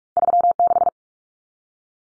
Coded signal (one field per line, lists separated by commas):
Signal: Morse code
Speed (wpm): 44 wpm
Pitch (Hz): 700 Hz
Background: none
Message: 36